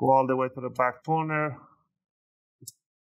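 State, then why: Released. Someone talks, then a guitar pick wedged between the plastic bottom cover and the palm rest of an HP Omen 17 an101 laptop is twisted while working toward the back corner. A short, sharp click sounds at 2.7 s as one of the cover's plastic retaining clips pops loose.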